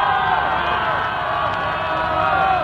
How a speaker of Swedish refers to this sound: Från vartenda kontor sträcker sig hundratals människor ut. Alla jublar och är glada. Budet om segern har kommit. Ingen tänker just nu på arbete på hundratals av Stockholms kontor.